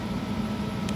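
An Alpine replacement tweeter for the driver-side front speaker of a Jeep Wrangler JKU is pressed into its plastic mounting adapter plate and snaps into place with a short, sharp click at 0.9 s. Before the click, a steady low engine-like hum runs through the clip. The tweeter is seated.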